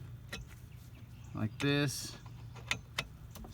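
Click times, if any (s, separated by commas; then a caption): 2.7 s, 3.0 s. A metal manifold gauge quick coupler is pushed down over the AC low-side service port on a 2005 Nissan Frontier while someone talks. Sharp clicks at 2.7 s and 3.0 s mark the coupler snapping down and locking into place. Afterward it can no longer be pulled up.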